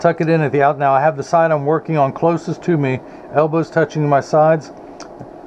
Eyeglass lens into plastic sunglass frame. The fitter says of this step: down the nose and the snaps right in